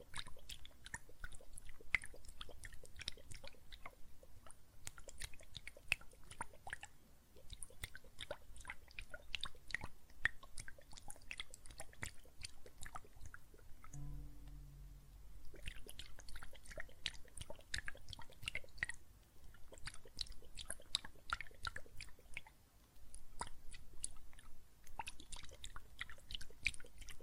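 Soapy water and foam crackle with dense, irregular pops and wet clicks that run almost continuously through the clip. Around the middle, near fourteen to fifteen seconds, the crackling thins out and a brief low hum is heard, then the fizzing resumes.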